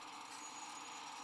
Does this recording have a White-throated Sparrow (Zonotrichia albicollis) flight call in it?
no